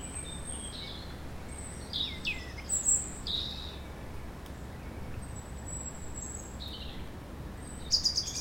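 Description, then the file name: European robin giving high, thin, tinkling song phrases, some sliding downward, spaced irregularly throughout against low background hum. "Erithacus rubecula"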